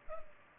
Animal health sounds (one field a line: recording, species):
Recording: mosquito wingbeat signal from an infrared sensor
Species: Culex pipiens